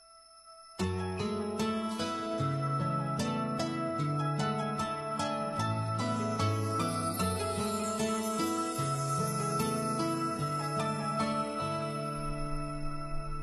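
A pop song intro starts after a brief silence, with bright, chiming keyboard-like notes over warm sustained chords in a steady, gentle rhythm, holding an even level throughout with no singing yet.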